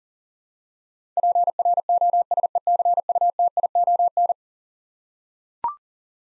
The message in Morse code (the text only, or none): PROSECUTION